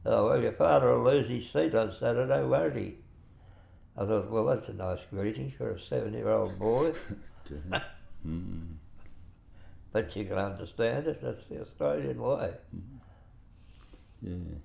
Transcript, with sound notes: ‘Oh well your father will lose his seat on Saturday, won’t he?’ I thought, well that’s a nice greeting for a seven year old boy [laughs] but you could understand it, that’s the Australian way.
Yes.